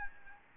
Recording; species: mosquito wingbeat signal from an infrared sensor; Aedes albopictus